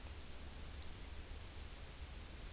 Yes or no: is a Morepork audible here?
no